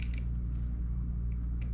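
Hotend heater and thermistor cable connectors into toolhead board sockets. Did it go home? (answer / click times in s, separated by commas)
no / none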